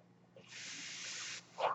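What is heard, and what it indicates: A steady breathy hiss for about a second, then a short puff: a home mechanical ventilator delivering a breath.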